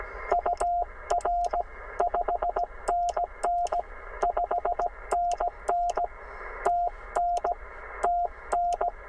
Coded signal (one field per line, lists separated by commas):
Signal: Morse code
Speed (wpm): 18 wpm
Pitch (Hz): 700 Hz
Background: radio noise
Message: UR 5NN 5NN TN TN